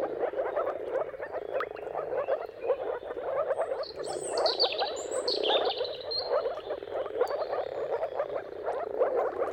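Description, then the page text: Moor frog chorus of dense, low bubbling calls, while a bird sings a few high twittering phrases in the middle. Moor frogs giving mating calls in a dawn chorus at sunrise, around the turn of March and April depending on weather. "Jakub-Orzecki moor frogs. Dawn’s Chorus: Mating Calls of Marsh Frogs at Sunrise. Depending on the weather at the turn of March and April, you can witness an amazing spectacle of moor frogs"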